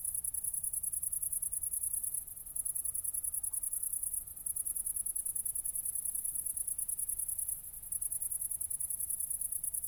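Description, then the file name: Cricket chirping, a steady high-pitched pulsed trill continuing for seconds at a time with a few short pauses, over low background rumble. Crickets recorded at night, 00:53 on 4 August 2014, at Nordring, Kirchmöser, Brandenburg, Germany. "City Country Me Brandenburg Kirchmoeser Nordring Grillen 201408040053"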